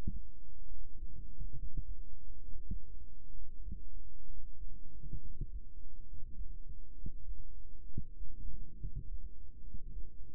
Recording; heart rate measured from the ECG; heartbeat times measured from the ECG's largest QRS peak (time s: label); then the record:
heart sounds by microphone in the right ear; 67 bpm
0.65 s: heartbeat
1.53 s: heartbeat
2.37 s: heartbeat
3.29 s: heartbeat
4.24 s: heartbeat
5.17 s: heartbeat
6.03 s: heartbeat
6.92 s: heartbeat
7.84 s: heartbeat
8.76 s: heartbeat
9.60 s: heartbeat
From the record:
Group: healthy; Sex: female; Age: 22 years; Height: 154 cm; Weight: 58.7 kg